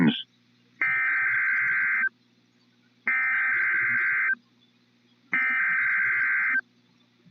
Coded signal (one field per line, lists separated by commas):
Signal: Emergency Alert System (SAME) tones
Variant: header bursts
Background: speech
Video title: NWS Los Angeles/Oxnard Weekly EAS Test (5/4/22) (EAS #176)